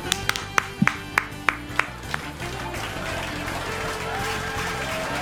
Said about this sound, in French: Ça applaudit bien. Un public déchaîné, mais un peu bridé aujourd'hui dans cette émission formidable,